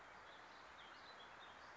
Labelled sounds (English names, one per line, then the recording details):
Warbling Vireo
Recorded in Sonoma County, California